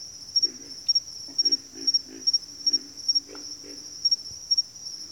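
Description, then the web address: Pig frogs: low, hoarse grunts in short series with brief pauses, accompanied by an unbroken high-pitched insect drone. Bayou habitat, several pig frogs. "Echoes of Nature - Bayou Pig Frogs"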